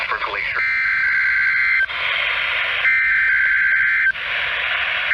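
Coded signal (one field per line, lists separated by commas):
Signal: Emergency Alert System (SAME) tones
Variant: header bursts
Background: speech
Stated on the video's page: Required Weekly Tests received in March 2020.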